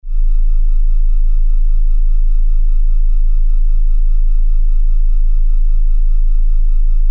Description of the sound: Tinnitus.